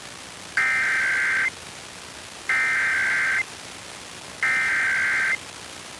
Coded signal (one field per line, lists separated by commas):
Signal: Emergency Alert System (SAME) tones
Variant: header bursts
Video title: Pennsylvania Required Monthly Tests (11/17/22)(EAS 1272-1281)